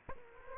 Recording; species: mosquito wingbeat signal from an infrared sensor; Aedes aegypti